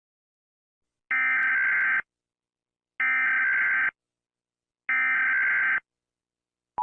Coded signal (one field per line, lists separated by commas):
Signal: Emergency Alert System (SAME) tones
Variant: header bursts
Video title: CBNRP - EAS Alert - Waves went above the sky.